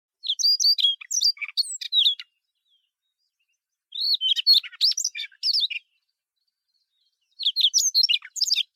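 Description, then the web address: Siberian rubythroat song: three bursts of varied, high, warbled and chirping notes separated by silent pauses, the last burst cut off. "nogoma"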